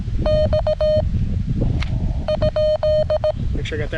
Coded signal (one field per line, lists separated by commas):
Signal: Morse code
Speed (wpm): 17 wpm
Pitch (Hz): 620 Hz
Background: speech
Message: X?